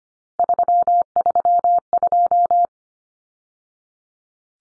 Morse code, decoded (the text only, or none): 332